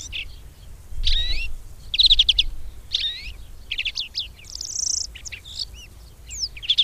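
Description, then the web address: Red-backed shrike singing short, chattering phrases, mixing sharp whistled slurs with a buzzy trill midway, over low background rumble. "agykontroll Madardalok Cd 2. Tövisszúró gébics"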